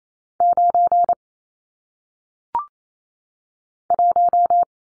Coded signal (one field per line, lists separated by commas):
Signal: Morse code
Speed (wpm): 28 wpm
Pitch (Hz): 700 Hz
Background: none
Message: 9 1